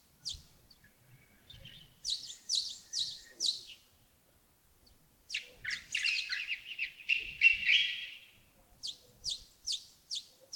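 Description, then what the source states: Birds giving short high chirps in quick runs, some rapid series and a longer twittering burst in the middle, with quiet pauses between bouts. Birds recorded in early morning at Yagongding (亚公顶), 28 December 2025, about 07:40.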